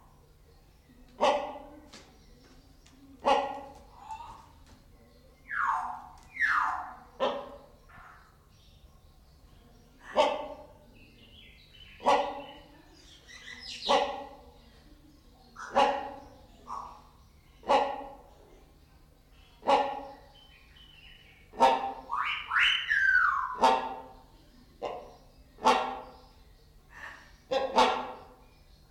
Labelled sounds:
Common Hill Myna (Gracula religiosa)

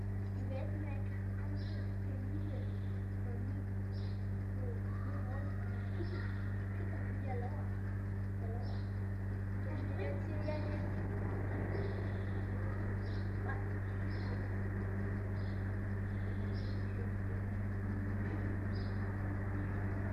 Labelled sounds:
Arctic Fox (Vulpes lagopus)

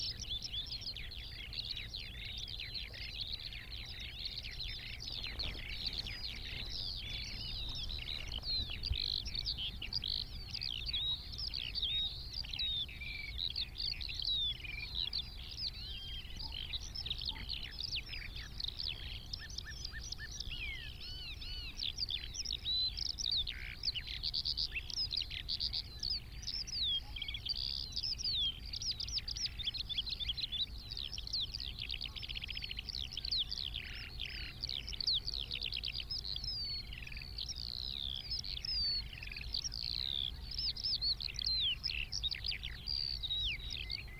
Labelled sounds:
Eurasian Skylark (Alauda arvensis) song

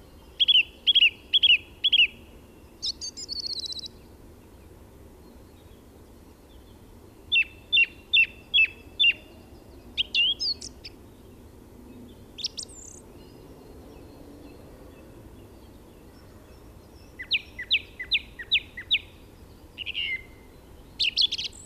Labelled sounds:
Song Thrush (Turdus philomelos) song

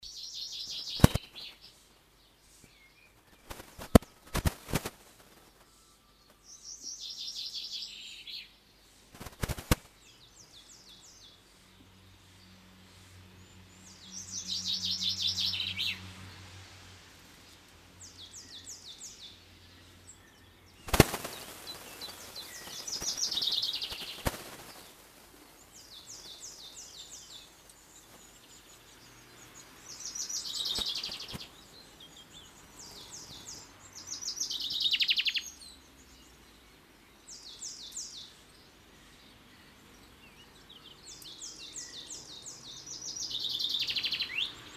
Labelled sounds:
Common Chaffinch (Fringilla coelebs) song

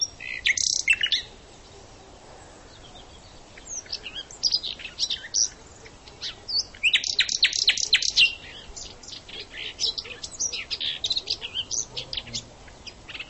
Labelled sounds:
Common Nightingale (Luscinia megarhynchos) song

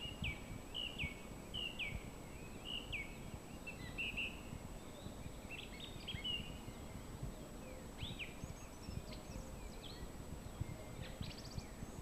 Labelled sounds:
Song Thrush (Turdus philomelos) song

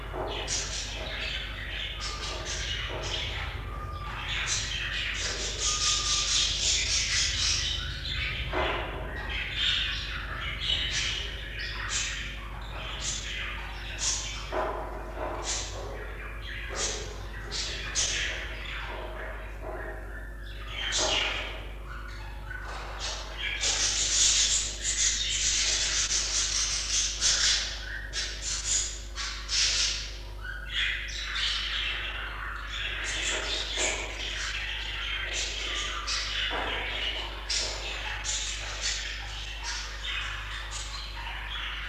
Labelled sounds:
Budgerigar (Melopsittacus undulatus) call

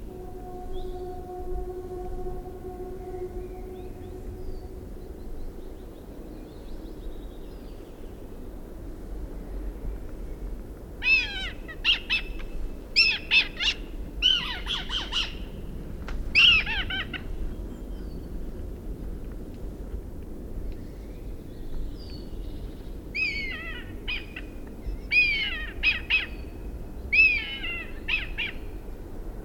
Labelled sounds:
Red Kite (Milvus milvus) call

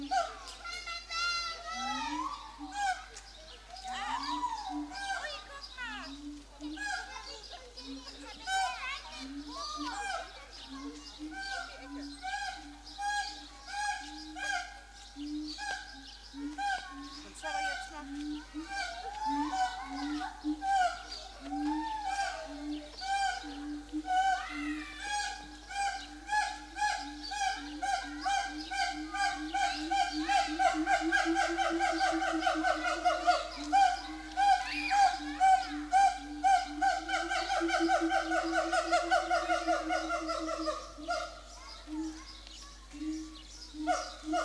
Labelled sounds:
Siamang (Symphalangus syndactylus)

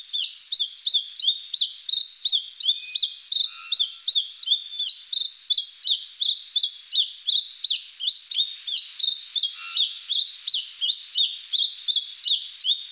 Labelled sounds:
Mountain Thrush (Turdus plebejus) song

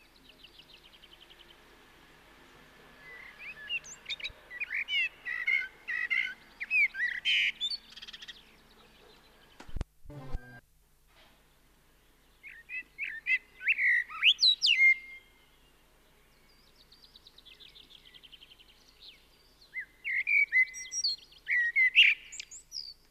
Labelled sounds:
Common Blackbird (Turdus merula) song

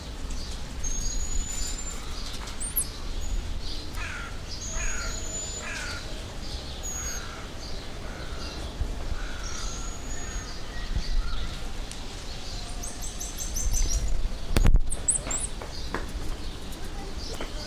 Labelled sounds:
Black-mantled Tamarin (Saguinus nigricollis)

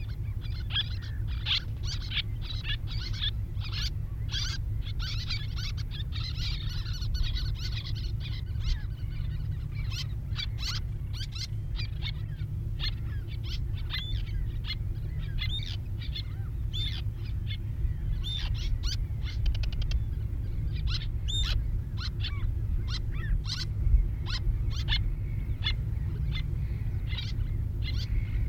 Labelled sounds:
Little Tern (Sternula albifrons) call

